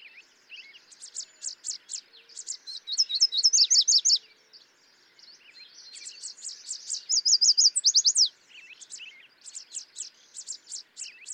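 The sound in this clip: Yellow warbler repeating bright, rapid phrases of high notes, two loud bursts climaxing in quick slurs, with a continuous chorus of other small birds.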